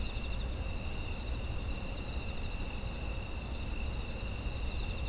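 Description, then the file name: Insect chorus with unbroken high-pitched trills stacked in layers, pulsing slightly, with a low background hum throughout. Autumn insect ambience. "秋の虫の環境音"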